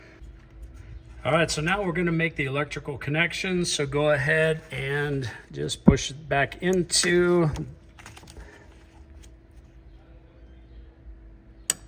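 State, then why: Seated. Someone talks while the power liftgate strut's electrical connector on a Ford Explorer is pushed back into its mating harness plug. Faint handling ticks follow the talking, then a single sharp click at 11.7 s as the connector seats in the plug.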